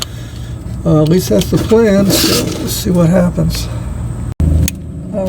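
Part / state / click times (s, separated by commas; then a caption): wiring harness connector onto car starter motor / seated / 4.7 s. A wiring harness connector is slid onto the new starter motor of a 2013–2017 four-cylinder Honda Accord while someone talks over low background noise. A sharp snap at 4.7 s shows the connector seating in place.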